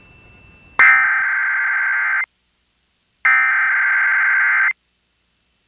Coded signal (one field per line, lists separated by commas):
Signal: Emergency Alert System (SAME) tones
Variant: header bursts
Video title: EAS #618: EAS Required Monthly Test- May 3, 2022- 10:17AM PDT